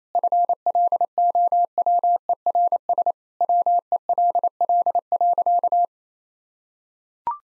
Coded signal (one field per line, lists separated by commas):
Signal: Morse code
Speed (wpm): 28 wpm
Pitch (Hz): 700 Hz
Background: none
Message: FLOWERS WELL.